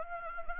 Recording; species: mosquito wingbeat signal from an infrared sensor; Anopheles gambiae